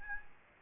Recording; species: mosquito wingbeat signal from an infrared sensor; Aedes albopictus